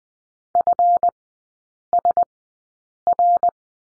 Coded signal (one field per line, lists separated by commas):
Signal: Morse code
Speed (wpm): 20 wpm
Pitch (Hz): 700 Hz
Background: none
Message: FSR